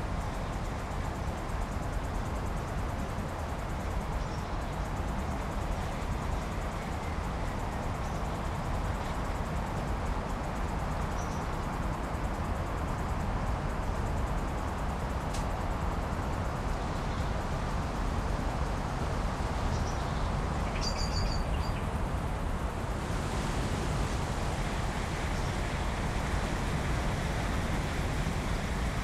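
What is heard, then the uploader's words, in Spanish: Wind on a warm late-spring afternoon makes a steady, dense rush that stays even from start to finish, heaviest in the low end. A few faint, brief high chirps break through around 5, 12 and 21 seconds, and a vehicle-like hum sits underneath. El viento empezó a soplar con una dulzura inusitada. Una cálida tarde de primavera tardía donde el viento, los insectos y algún que otro invitado no esperado.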